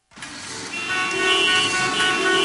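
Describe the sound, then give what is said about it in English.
A steady wash of road traffic with overlapping car horns sounding in sustained, high-pitched tones that swell and hold, building louder after the first half-second. “Why be stuck in traffic when you could be outdoors?”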